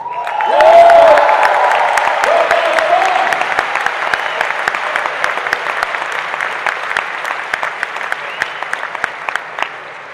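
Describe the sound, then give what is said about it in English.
A crowd breaks into loud, sustained applause with cheers and whoops at the start, the clapping gradually thinning into scattered claps by the end. “If there's something that you hear, if there's something that you see on screen, I want you to feel free to cheer, holler, clap, yell, whatever you feel like.”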